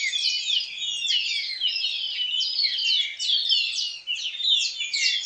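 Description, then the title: Greyish baywing song, a dense stream of overlapping chattering, squeaky notes with rapid slurred sweeps, continuing without a break throughout. "LuckyPassaro Completos2Sama. Baywing (Agelaioides badius)"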